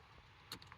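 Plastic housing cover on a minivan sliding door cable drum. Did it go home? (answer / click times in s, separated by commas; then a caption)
yes / 0.5 s. The two halves of the plastic housing cover on the sliding door cable drum of a 2011 Honda Odyssey are pressed back together. A sharp snap at 0.5 s is followed by two faint ticks at about 0.6 and 0.7 s. The housing snaps back in place and seats as one unit, which turned out easier than expected.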